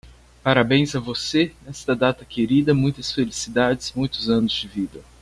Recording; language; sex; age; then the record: short text; Brazilian Portuguese; male; 30 to 39 years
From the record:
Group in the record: control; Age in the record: 31 years